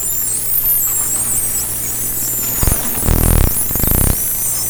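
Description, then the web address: Dolphin whistles sweeping high, then loud rapid pulsed bursts of clicks in the second half, over constant low hum. Recorded with a hydrophone, 2010. "interspecies dolphin"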